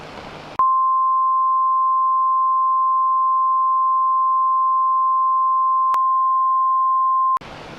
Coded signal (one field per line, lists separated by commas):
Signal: Emergency Alert System (SAME) tones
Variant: 1050 Hz attention tone